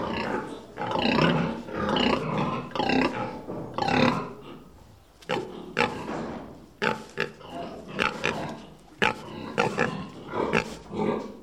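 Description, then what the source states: Pig giving harsh grunts and squeals in quick bursts, dense at first, then broken into short snorting calls with brief gaps. Sound effects recording.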